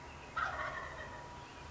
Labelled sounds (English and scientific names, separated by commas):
Wild Turkey (Meleagris gallopavo)